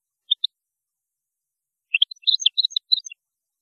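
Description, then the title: European goldfinch song, two high notes, a pause, then a rapid jumble of bright chirps and twitters. "Chant Chardonneret"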